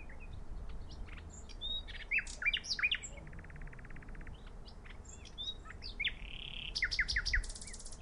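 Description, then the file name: Common nightingale singing varied phrases: sharp chirps, a dry buzzing rattle in the middle, a drawn-out whistle, then a fast run of high repeated notes. "Luscinia megarhynchos"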